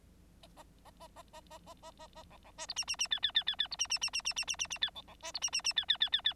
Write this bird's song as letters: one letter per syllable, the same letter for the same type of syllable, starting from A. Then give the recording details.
A A A A A A A A A A B B C D E E E F F F F F D E E E E E E E E E F B B C D E E E F F F F F. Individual Bird9